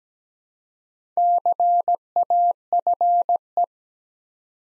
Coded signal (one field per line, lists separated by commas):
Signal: Morse code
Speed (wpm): 17 wpm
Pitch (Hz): 700 Hz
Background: none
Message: CAFE